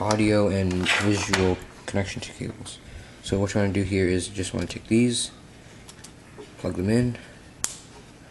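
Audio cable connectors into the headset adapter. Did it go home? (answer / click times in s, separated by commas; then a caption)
yes / 7.6 s. The audio and visual cable connectors are plugged into the headset adapter during an AX 180 headset setup for the Nintendo Wii while someone talks. Two faint taps at 5.9 and 6.1 seconds come before a single sharp click at 7.6 seconds, the loudest transient in the clip, and the connectors seat.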